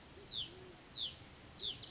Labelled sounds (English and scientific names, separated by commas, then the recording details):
Band-tailed Pigeon (Patagioenas fasciata)
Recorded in Sonoma County, California